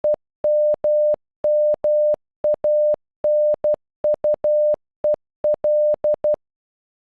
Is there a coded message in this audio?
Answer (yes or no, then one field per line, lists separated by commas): yes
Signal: Morse code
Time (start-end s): 0.0-6.3 s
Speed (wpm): 12 wpm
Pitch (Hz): 600 Hz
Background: none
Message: EMMANUEL